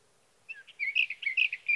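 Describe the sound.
Sage thrasher song: a rapid run of varied, warbling notes, some slurred, rising and falling.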